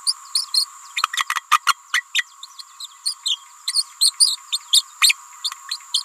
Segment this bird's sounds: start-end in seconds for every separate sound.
0.06-0.13, 0.35-0.46, 0.54-0.66, 0.96-1.03, 1.17-1.27, 1.35-1.43, 1.51-1.60, 1.66-1.75, 1.93-2.02, 2.14-2.25, 2.42-2.46, 2.59-2.61, 2.79-2.87, 3.05-3.14, 3.25-3.40, 3.73-3.83, 4.00-4.13, 4.20-4.37, 4.52-4.58, 4.72-4.83, 5.01-5.14, 5.69-5.77, 5.93-6.04